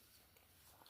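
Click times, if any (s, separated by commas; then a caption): none. The plastic head of a Transformers Reactivate figure from the Bumblebee and Starscream two-pack is being folded up so its C-clip tab can lock into the toy robot's torso. Only a low, steady handling noise is heard, with two faint brief bumps near 0.4 and 0.9 seconds. Nothing has seated or clicked yet.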